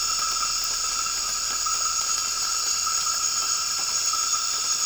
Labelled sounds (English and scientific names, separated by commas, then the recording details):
none
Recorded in dense forest near Puerto Asís, Putumayo, Colombia, on 12 March 2025 at 00:00
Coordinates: 0.485, -76.318
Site G056